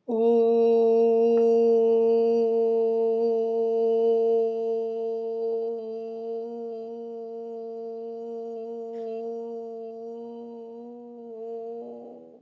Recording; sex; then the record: sustained vowel /u/; female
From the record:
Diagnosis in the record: healthy control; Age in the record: 69 years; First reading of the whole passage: 57 s, 9.1 characters per second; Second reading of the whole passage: 50 s, 10.4 characters per second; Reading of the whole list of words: 47 s, 6.0 characters per second